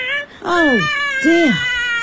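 A baby screams in two loud, high-pitched wails, each sliding downward in pitch, with a brief gap between them and a steady background underneath.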